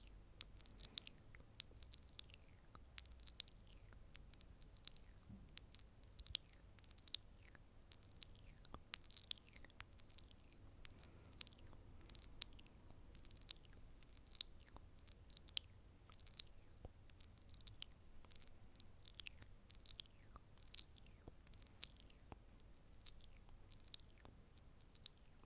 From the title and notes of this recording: ASMR Up-Close Mouth Sounds & Personal Attention.